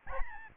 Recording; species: mosquito wingbeat signal from an infrared sensor; Aedes albopictus